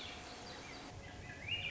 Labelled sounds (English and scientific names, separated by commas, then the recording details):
Swainson's Thrush (Catharus ustulatus)
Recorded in Sonoma County, California